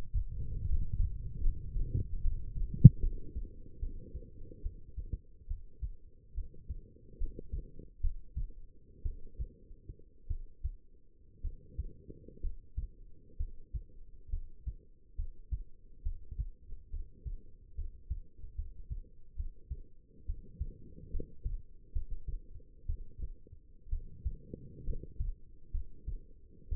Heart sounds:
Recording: heart sounds by stethoscope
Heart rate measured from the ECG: 67 bpm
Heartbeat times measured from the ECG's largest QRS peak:
0.63 s: heartbeat
1.39 s: heartbeat
2.21 s: heartbeat
2.99 s: heartbeat
3.79 s: heartbeat
4.62 s: heartbeat
5.47 s: heartbeat
6.34 s: heartbeat
7.17 s: heartbeat
8.00 s: heartbeat
9.02 s: heartbeat
10.27 s: heartbeat
11.41 s: heartbeat
12.40 s: heartbeat
13.37 s: heartbeat
14.29 s: heartbeat
15.15 s: heartbeat
16.02 s: heartbeat
16.89 s: heartbeat
17.74 s: heartbeat
18.54 s: heartbeat
19.35 s: heartbeat
20.25 s: heartbeat
21.10 s: heartbeat
21.92 s: heartbeat
22.86 s: heartbeat
23.89 s: heartbeat
24.84 s: heartbeat
25.71 s: heartbeat
26.69 s: heartbeat
From the record:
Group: healthy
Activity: Valsalva maneuver 0-1 s, rest 1-27 s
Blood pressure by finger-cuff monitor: 114/76 mmHg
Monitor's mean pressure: 88 mmHg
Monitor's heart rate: 69 bpm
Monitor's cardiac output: 5.2 L/min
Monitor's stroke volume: 77 mL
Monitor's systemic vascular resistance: 1230 dyn s/cm5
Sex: female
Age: 22 years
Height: 171 cm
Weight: 65.6 kg

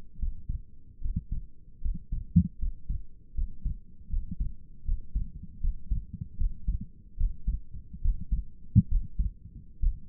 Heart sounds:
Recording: heart sounds by stethoscope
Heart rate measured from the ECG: 75 bpm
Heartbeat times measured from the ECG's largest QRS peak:
0.19 s: heartbeat
1.02 s: heartbeat
1.82 s: heartbeat
2.59 s: heartbeat
3.35 s: heartbeat
4.10 s: heartbeat
4.86 s: heartbeat
5.61 s: heartbeat
6.38 s: heartbeat
7.18 s: heartbeat
8.02 s: heartbeat
8.89 s: heartbeat
9.81 s: heartbeat
From the record:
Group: healthy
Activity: breath hold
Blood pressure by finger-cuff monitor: 102/59 mmHg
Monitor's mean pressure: 66 mmHg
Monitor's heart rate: 77 bpm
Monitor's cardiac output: 6.5 L/min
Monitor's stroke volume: 90 mL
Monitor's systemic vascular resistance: 660 dyn s/cm5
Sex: male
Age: 22 years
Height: 181 cm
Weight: 79 kg

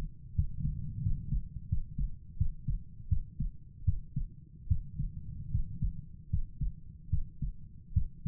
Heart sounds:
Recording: heart sounds by stethoscope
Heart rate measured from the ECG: 79 bpm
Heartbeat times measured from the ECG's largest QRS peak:
0.35 s: heartbeat
1.02 s: heartbeat
1.68 s: heartbeat
2.37 s: heartbeat
3.08 s: heartbeat
3.84 s: heartbeat
4.67 s: heartbeat
5.51 s: heartbeat
6.29 s: heartbeat
7.09 s: heartbeat
7.93 s: heartbeat
From the record:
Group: healthy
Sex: male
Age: 35 years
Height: 178 cm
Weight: 64 kg

